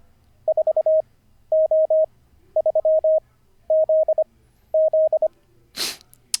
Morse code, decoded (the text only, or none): 4O3ZZ